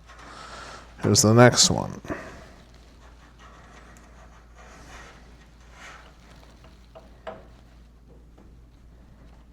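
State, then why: Not seated. Someone talks briefly while handling the second 8-pin CPU power cable plug at the motherboard's EPS header, with faint rubbing and a few small taps. Nothing has seated or clicked yet.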